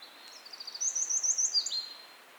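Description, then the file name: Eurasian wren, a brief burst of high rapid trilled notes and quick chirps over a soft background hiss. "Troglodytes troglodytes"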